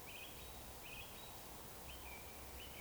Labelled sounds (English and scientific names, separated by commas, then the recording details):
Eurasian Woodcock (Scolopax rusticola) whistle
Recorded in Baden-Württemberg, Germany, on 13 June 2020 at 02:22 UTC
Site 43791, 788 m above sea level